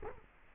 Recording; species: mosquito wingbeat signal from an infrared sensor; Culex quinquefasciatus